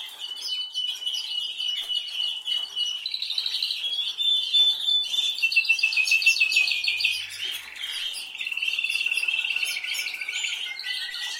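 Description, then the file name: Canary song of varied phrases: twitters, quick repeated notes and long rolling trills, louder in the middle, then renewed trilling. "Canary Voice"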